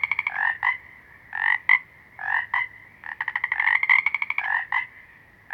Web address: Natures Songs Nature Sounds Sounds of Nature Collection Small Green Froggies